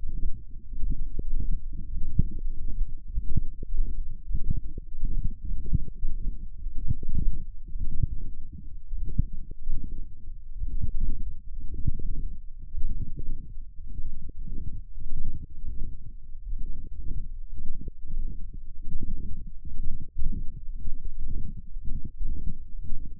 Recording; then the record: forearm muscle sounds (acoustic myography)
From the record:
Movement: wrist extension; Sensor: system 1, eight BSWA MPA416 microphones around the upper forearm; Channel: 8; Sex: male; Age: 23 years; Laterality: right